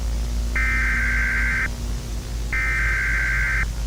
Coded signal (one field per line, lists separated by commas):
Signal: Emergency Alert System (SAME) tones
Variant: header bursts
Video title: (Changed) "Pale virus" EAS scenario.